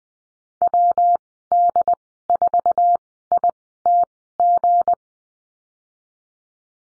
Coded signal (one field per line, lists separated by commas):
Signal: Morse code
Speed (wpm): 19 wpm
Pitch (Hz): 700 Hz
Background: none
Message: WD4ITG